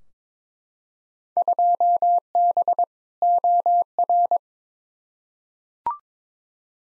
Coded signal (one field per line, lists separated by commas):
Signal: Morse code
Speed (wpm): 22 wpm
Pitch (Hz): 700 Hz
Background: none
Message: 2B OR